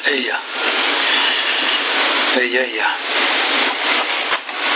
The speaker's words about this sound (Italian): sento rumore di lavatrice. Allora mamma ha messo la lavatrice, senza ordine, deve chiedere l'ordine a me.